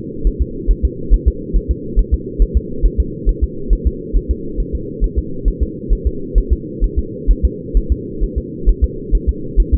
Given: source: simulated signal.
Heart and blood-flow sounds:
fetal heart sounds
0.27 s: S1
0.42 s: S2
0.71 s: S1
0.85 s: S2
1.14 s: S1
1.28 s: S2
1.56 s: S1
1.71 s: S2
1.99 s: S1
2.14 s: S2
2.42 s: S1
2.57 s: S2
2.85 s: S1
3.00 s: S2
3.29 s: S1
3.44 s: S2
3.73 s: S1
3.87 s: S2
4.17 s: S1
4.31 s: S2
4.60 s: S1
4.75 s: S2
5.04 s: S1
5.19 s: S2
5.48 s: S1
5.63 s: S2
5.93 s: S1
6.07 s: S2
6.38 s: S1
6.53 s: S2
6.84 s: S1
6.99 s: S2
7.31 s: S1
7.45 s: S2
7.77 s: S1
7.92 s: S2
8.24 s: S1
8.38 s: S2
8.69 s: S1
8.84 s: S2
9.15 s: S1
9.29 s: S2
9.60 s: S1
9.74 s: S2
From the record:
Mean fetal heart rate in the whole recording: 135 bpm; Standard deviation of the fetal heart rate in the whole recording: 3 bpm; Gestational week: 36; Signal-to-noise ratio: -4.3 dB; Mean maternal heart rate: 72 bpm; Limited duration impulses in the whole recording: present

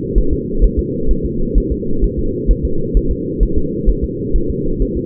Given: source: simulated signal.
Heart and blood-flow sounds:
fetal heart sounds
0.18 s: S1
0.33 s: S2
0.64 s: S1
0.79 s: S2
1.11 s: S1
1.25 s: S2
1.58 s: S1
1.72 s: S2
2.04 s: S1
2.19 s: S2
2.51 s: S1
2.65 s: S2
2.97 s: S1
3.11 s: S2
3.43 s: S1
3.58 s: S2
3.89 s: S1
4.04 s: S2
4.36 s: S1
4.50 s: S2
4.82 s: S1
4.97 s: S2
From the record:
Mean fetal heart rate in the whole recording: 130 bpm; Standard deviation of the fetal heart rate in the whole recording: 2 bpm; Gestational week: 36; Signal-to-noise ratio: -8.1 dB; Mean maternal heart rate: 72 bpm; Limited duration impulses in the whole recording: absent

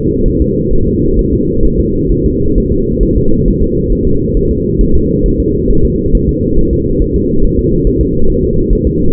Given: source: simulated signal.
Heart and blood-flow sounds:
fetal heart sounds
0.28 s: S1
0.42 s: S2
0.73 s: S1
0.88 s: S2
1.19 s: S1
1.33 s: S2
1.65 s: S1
1.80 s: S2
2.12 s: S1
2.26 s: S2
2.58 s: S1
2.72 s: S2
3.03 s: S1
3.18 s: S2
3.48 s: S1
3.62 s: S2
3.93 s: S1
4.07 s: S2
4.37 s: S1
4.51 s: S2
4.81 s: S1
4.96 s: S2
5.26 s: S1
5.40 s: S2
5.71 s: S1
5.85 s: S2
6.15 s: S1
6.29 s: S2
6.59 s: S1
6.73 s: S2
7.02 s: S1
7.16 s: S2
7.44 s: S1
7.59 s: S2
7.87 s: S1
8.01 s: S2
8.30 s: S1
8.44 s: S2
8.73 s: S1
8.87 s: S2
From the record:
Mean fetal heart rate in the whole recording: 135 bpm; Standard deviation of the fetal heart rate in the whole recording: 3 bpm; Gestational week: 36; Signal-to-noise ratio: -17.7 dB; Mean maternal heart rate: 72 bpm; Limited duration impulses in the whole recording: present

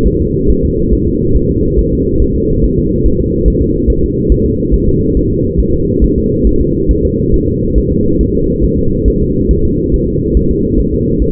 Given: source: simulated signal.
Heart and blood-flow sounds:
fetal heart sounds
0.08 s: S1
0.22 s: S2
0.51 s: S1
0.65 s: S2
0.93 s: S1
1.08 s: S2
1.36 s: S1
1.51 s: S2
1.79 s: S1
1.94 s: S2
2.22 s: S1
2.36 s: S2
2.64 s: S1
2.79 s: S2
3.06 s: S1
3.20 s: S2
3.48 s: S1
3.62 s: S2
3.90 s: S1
4.04 s: S2
4.32 s: S1
4.46 s: S2
4.74 s: S1
4.89 s: S2
5.17 s: S1
5.31 s: S2
5.60 s: S1
5.75 s: S2
6.04 s: S1
6.18 s: S2
6.47 s: S1
6.61 s: S2
6.91 s: S1
7.05 s: S2
7.34 s: S1
7.48 s: S2
7.78 s: S1
7.92 s: S2
8.21 s: S1
8.35 s: S2
8.64 s: S1
8.79 s: S2
9.08 s: S1
9.22 s: S2
9.51 s: S1
9.65 s: S2
9.94 s: S1
10.08 s: S2
10.37 s: S1
10.51 s: S2
10.80 s: S1
10.94 s: S2
11.22 s: S1
From the record:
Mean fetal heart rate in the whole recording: 140 bpm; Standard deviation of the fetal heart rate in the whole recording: 2 bpm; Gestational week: 34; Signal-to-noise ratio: -15.3 dB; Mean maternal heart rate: 72 bpm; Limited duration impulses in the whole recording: present

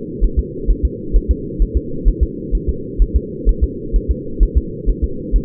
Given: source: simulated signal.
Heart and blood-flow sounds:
fetal heart sounds
0.24 s: S1
0.39 s: S2
0.70 s: S1
0.85 s: S2
1.16 s: S1
1.31 s: S2
1.62 s: S1
1.77 s: S2
2.08 s: S1
2.23 s: S2
2.55 s: S1
2.69 s: S2
3.02 s: S1
3.16 s: S2
3.49 s: S1
3.64 s: S2
3.96 s: S1
4.11 s: S2
4.43 s: S1
4.58 s: S2
4.90 s: S1
5.04 s: S2
5.36 s: S1
From the record:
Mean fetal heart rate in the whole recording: 130 bpm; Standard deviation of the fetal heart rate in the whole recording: 2 bpm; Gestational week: 36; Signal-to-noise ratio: -4.3 dB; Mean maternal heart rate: 72 bpm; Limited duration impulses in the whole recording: absent

